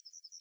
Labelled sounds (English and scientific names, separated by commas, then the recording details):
Yellowhammer (Emberiza citrinella) song
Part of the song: start
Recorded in the Czech Republic on 17 May 2013
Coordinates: 50.639, 13.752
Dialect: XlB
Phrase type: B37
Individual 295436